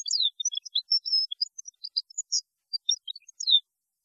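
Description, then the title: European goldfinch delivering a continuous stream of quick, liquid twitters and short buzzy notes for about three and a half seconds. "Chant Chardonneret"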